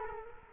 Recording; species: mosquito wingbeat signal from an infrared sensor; Culex quinquefasciatus